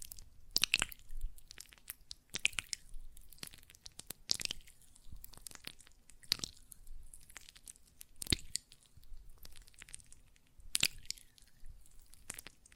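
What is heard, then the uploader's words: Hands working gel lotion make wet, squishy smacks and crackles. Sharp bright bursts come about every two seconds, near 0.7, 2.4, 4.3, 6.3, 8.3 and 10.8 seconds, with softer sticky clicks and rubbing between them over a faint low hum. ASMR Gel Lotion Hand Sounds (No Talking).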